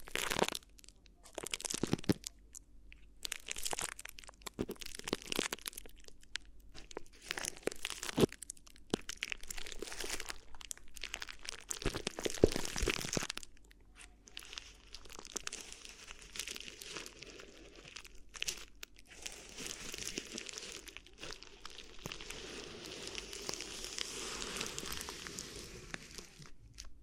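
Crinkly ear massage sounds: crisp crackling and crumpling that comes in quick bursts and brief pauses for the first half. After about 14 seconds it settles into a denser, steadier bright rustle with softer crackles, continuing to the end.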